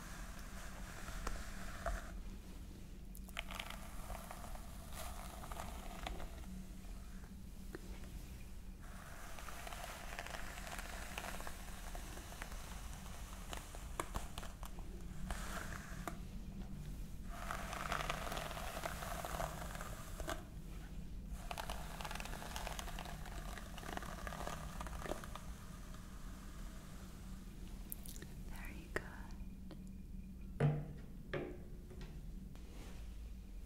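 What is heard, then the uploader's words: Scalp massage: fingers work through hair with a dense, continuous rustling and scratching that swells and eases, with brief quieter pauses around 3, 8, 16 and 20 seconds. A steady low hum runs underneath, and a sharp click sounds near 30 seconds. ASMR Stress Relieving Scalp Massage ASMR.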